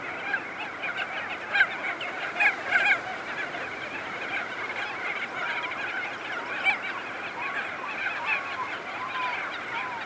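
Crested auklet colony chorus of overlapping honks, a few loud notes early on, then softer wavering calls continuing.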